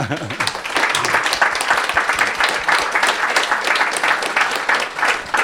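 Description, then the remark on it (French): Sustained audience applause, a dense, steady patter of many hands clapping at an even loudness for several seconds, with no voices standing out. “et il était venu ici, en 2012, au Mardi de l'Espace, on pense à lui, peut-être qu'on peut l'applaudir, d'ailleurs.”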